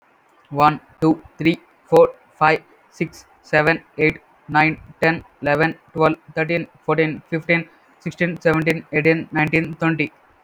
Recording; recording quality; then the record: counting at a fast pace; excellent, no background noise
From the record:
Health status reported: healthy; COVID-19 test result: not tested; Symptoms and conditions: none ticked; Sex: male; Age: 20 years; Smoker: not ticked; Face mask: not worn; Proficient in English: yes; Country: India